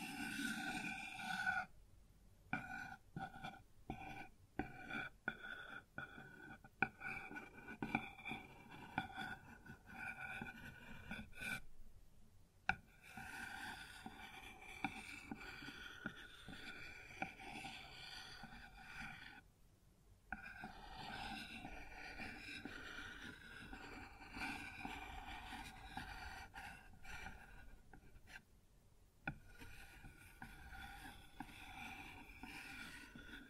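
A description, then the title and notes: Continuous scraping and rubbing on a wooden surface, rasping and uneven, with brief pauses near 2, 12, 20 and 28 seconds. ASMR Sounds on Wooden Surface (No Talking).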